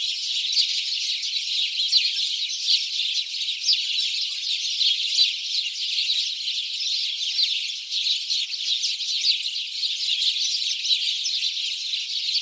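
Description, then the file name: House sparrow flock chirping: rapid, overlapping short chirps forming a constant high twittering chatter, with occasional louder notes standing out. "Passer domesticus"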